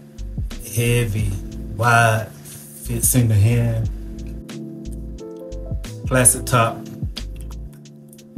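A plastic cap is handled over the top of a heavy glass Narciso Rodriguez Bleu Noir for Homme cologne bottle while someone talks and music plays with a steady hum in the background. Brief small taps and knocks are heard, but the cap has not clicked or seated yet when the clip ends.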